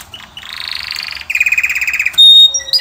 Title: Canary Training Esquente Seu Filhote E Canario Belga Macho Cantando Muito. canary singing video - canary training song